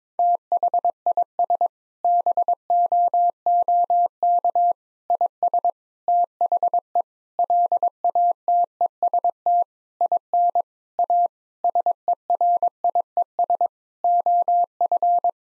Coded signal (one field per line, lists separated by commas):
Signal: Morse code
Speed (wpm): 22 wpm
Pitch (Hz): 700 Hz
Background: none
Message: THIS BOOK IS THE LATEST IN A SERIES OF